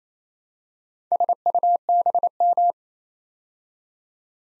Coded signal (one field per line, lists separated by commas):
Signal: Morse code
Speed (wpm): 28 wpm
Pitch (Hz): 700 Hz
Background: none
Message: SUBM